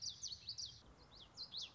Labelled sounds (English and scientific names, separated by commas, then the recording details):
Common Yellowthroat (Geothlypis trichas)
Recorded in Sonoma County, California